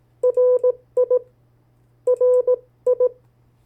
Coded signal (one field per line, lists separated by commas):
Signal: Morse code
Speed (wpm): 18 wpm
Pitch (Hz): 500 Hz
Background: none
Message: RI RI